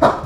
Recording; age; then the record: pig call; growing-finishing pig (85 days or more)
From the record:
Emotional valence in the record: positive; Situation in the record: run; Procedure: transit